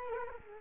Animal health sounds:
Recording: mosquito wingbeat signal from an infrared sensor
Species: Culex quinquefasciatus

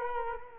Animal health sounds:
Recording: mosquito wingbeat signal from an infrared sensor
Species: Culex quinquefasciatus

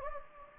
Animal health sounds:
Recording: mosquito wingbeat signal from an infrared sensor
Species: Anopheles gambiae

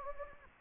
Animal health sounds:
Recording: mosquito wingbeat signal from an infrared sensor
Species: Anopheles gambiae

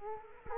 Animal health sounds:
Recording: mosquito wingbeat signal from an infrared sensor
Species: Culex quinquefasciatus

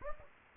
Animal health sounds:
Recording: mosquito wingbeat signal from an infrared sensor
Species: Anopheles gambiae

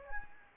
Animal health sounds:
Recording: mosquito wingbeat signal from an infrared sensor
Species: Anopheles gambiae

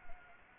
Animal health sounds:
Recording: mosquito wingbeat signal from an infrared sensor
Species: Anopheles gambiae

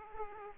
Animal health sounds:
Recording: mosquito wingbeat signal from an infrared sensor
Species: Aedes aegypti

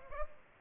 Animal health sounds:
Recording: mosquito wingbeat signal from an infrared sensor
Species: Aedes aegypti

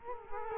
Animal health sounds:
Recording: mosquito wingbeat signal from an infrared sensor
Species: Culex quinquefasciatus

